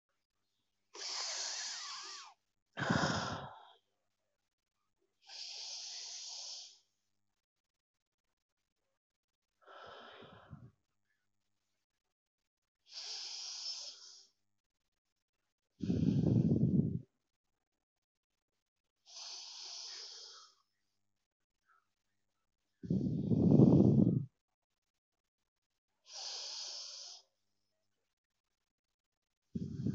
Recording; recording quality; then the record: deep breathing; excellent, no background noise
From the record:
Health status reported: healthy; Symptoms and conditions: none ticked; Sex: female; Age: 33 years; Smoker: not ticked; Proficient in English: yes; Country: India